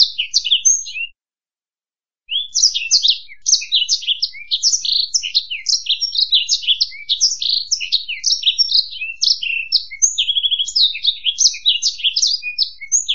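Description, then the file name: Black-throated canary: a short twittering phrase, a second of silence, then a long, dense outpouring of high chirps, warbles and a brief trill. "suara burung blackthroat"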